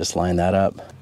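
A wiring connector is lined up with the crankcase pressure sensor on a 2016 Ford Transit 3.5L EcoBoost while someone talks over the handling. Faint low handling noise follows the talk. Nothing has seated or clicked yet.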